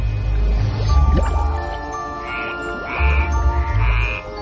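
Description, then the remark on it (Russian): A frog jumps into the water at the edge of a swamp in a forest at night, with a couple of short, wet splashes and plops, over a low rumble and a few soft, croaking calls. “Лягушка прыгает в воду.”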